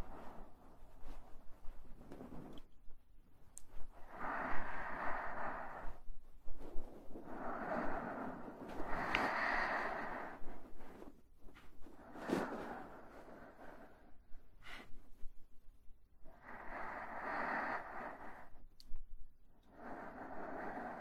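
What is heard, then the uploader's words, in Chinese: Breathing sounds, slow airy inhales and exhales in rhythmic waves every few seconds, with short pauses and small clicks between breaths. 呼吸音。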